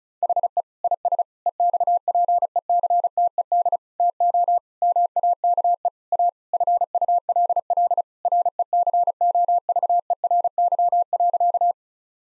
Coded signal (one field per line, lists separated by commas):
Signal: Morse code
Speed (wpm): 36 wpm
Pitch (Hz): 700 Hz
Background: none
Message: HE IS EXPECTED TO MAKE A FULL RECOVERY.